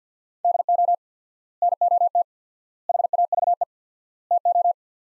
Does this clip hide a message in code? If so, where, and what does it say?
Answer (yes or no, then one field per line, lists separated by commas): yes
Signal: Morse code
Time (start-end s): 0.4-4.7 s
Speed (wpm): 50 wpm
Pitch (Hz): 700 Hz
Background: none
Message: DO NOT HAVE TO